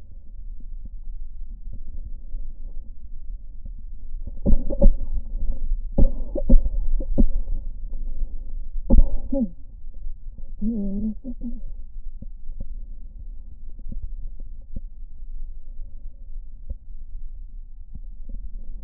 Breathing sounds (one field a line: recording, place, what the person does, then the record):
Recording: lung sounds by stethoscope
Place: left posterior basal chest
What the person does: quiet breathing, then cough and speech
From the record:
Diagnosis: COPD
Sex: female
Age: 65 years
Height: 156 cm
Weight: 63.9 kg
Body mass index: 26.3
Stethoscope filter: diaphragm mode